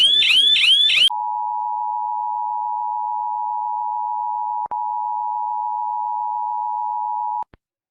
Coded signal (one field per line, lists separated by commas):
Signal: Emergency Alert System (SAME) tones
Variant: 853 and 960 Hz attention tone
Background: speech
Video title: rating EAS alarms by how scary they are (P2)